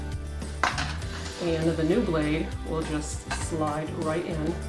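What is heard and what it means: A release button is pressed on a mandoline slicer and the julienne blade insert pops out with a sharp click at 0.6 s. Someone talks throughout over a low steady hum and faint background music.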